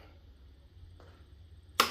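On a power planer/jointer, the spring lock is pushed aside and the cutter head is spun to reach the other blade, then the lock is released so the pin drops back into the head. After a low steady hum and a faint tick near 1.0 s, one sharp, loud snap is heard at 1.8 s as the lock seats and holds the cutter head in place.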